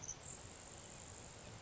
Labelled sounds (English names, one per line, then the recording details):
Grasshopper Sparrow
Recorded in Sonoma County, California